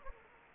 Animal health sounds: mosquito wingbeat signal from an infrared sensor; Anopheles gambiae

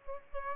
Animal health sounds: mosquito wingbeat signal from an infrared sensor; Aedes albopictus

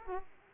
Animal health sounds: mosquito wingbeat signal from an infrared sensor; Aedes aegypti

